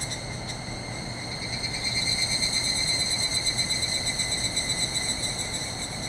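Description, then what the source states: Evening cicada in chorus, shrill pulsing tones that swell loudly midway, layered over a steady low roar of rushing water. Chorus calling back and forth in forest after sunset, 31 July 2020, end of rainy season after heavy rain; distant swollen river roaring; recorded with ZOOM H6 and Sennheiser MKH8020.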